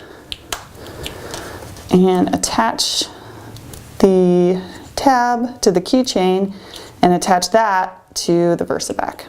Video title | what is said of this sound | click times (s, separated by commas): 1-1/4 inch SPLIT RING KEYCHAIN TUTORIAL - buttonmakers.net | remove the button from the machine snap in the versa back and attach | 0.3 s, 0.5 s